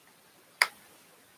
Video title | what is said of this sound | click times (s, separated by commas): Kromski Sonata magnetic flyer | there's the click so now it's attached | 0.6 s